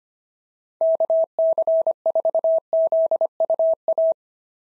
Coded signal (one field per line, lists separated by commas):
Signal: Morse code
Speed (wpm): 25 wpm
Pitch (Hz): 650 Hz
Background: none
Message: KC4ZUA